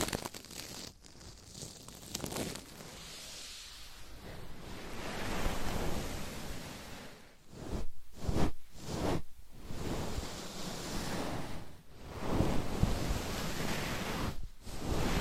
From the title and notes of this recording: ASMR Deep Ear Attention Scratching , Tapping & Massage with Different Items & Nails No Talking.